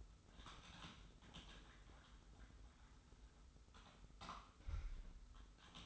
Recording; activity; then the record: daily activity, microphone in the room; typing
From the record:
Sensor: 3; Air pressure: 990.9 hPa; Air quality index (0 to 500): 139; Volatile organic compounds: 261 ppm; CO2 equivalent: 4388 ppm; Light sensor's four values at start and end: 36/87/35/34 and 36/88/35/34